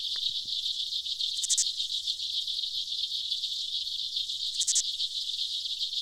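Aquatic insects giving a steady, high, hissing buzz throughout, with two short crackling clicks cutting across it.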